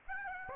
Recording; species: mosquito wingbeat signal from an infrared sensor; Aedes aegypti